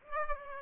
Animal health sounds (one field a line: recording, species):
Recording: mosquito wingbeat signal from an infrared sensor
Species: Aedes aegypti